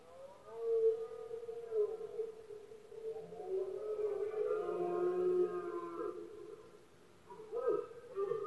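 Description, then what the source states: Red deer roaring: long, drawn-out harmonic bellows that run almost continuously and seem to overlap, with a brief pause before a final roar. Male red deer bellowing during the rut, known in Spain as the berrea or brama del ciervo; recorded at night in Spain, when it is quiet.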